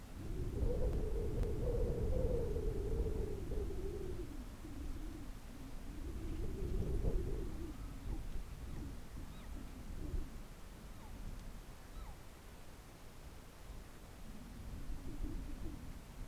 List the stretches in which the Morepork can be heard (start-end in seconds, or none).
7.49-7.97, 9.24-9.48, 10.82-11.09, 11.88-12.14